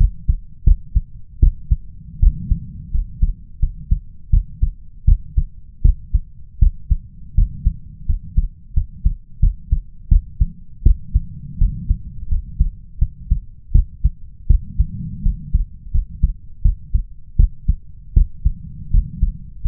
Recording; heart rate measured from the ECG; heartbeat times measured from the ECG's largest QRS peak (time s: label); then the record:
heart sounds by stethoscope; 82 bpm
0.64 s: heartbeat
1.39 s: heartbeat
2.19 s: heartbeat
2.91 s: heartbeat
3.59 s: heartbeat
4.30 s: heartbeat
5.05 s: heartbeat
5.82 s: heartbeat
6.59 s: heartbeat
7.34 s: heartbeat
8.06 s: heartbeat
8.73 s: heartbeat
9.39 s: heartbeat
10.08 s: heartbeat
10.83 s: heartbeat
11.58 s: heartbeat
12.28 s: heartbeat
12.98 s: heartbeat
13.72 s: heartbeat
14.47 s: heartbeat
15.22 s: heartbeat
15.91 s: heartbeat
16.62 s: heartbeat
17.36 s: heartbeat
18.13 s: heartbeat
18.90 s: heartbeat
19.61 s: heartbeat
From the record:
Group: healthy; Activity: cold pressor test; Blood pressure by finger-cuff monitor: 124/87 mmHg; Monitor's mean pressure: 99 mmHg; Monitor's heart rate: 80 bpm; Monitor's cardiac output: 6.3 L/min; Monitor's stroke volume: 76 mL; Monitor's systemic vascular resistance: 1170 dyn s/cm5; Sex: male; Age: 21 years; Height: 180 cm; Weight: 67.5 kg